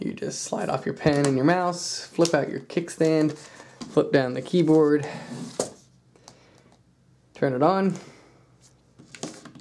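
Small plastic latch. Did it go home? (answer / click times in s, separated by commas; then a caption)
yes / 9.2 s. Someone talks while setting up a Surface Pro 3, sliding off the pen and a flat folding mouse, flipping out the kickstand and flipping down the keyboard, with small taps and clicks in the pauses. The folding mouse body is then bent into its curved working shape and snaps with a sharp click at 9.2 s, locking into place and powering on with its light.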